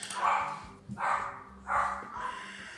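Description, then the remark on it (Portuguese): A dog barks in a run of about four short, mid-pitched woofs spaced roughly evenly apart, fairly loud with no voices. “Ah, foda-se. Vai com latido mesmo.”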